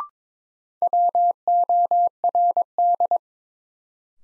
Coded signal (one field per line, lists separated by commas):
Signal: Morse code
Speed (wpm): 22 wpm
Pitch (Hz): 700 Hz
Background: none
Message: WORD